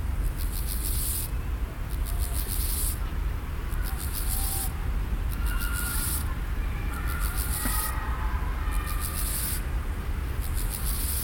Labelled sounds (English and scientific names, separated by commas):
Steppe Grasshopper (Chorthippus dorsatus) stridulation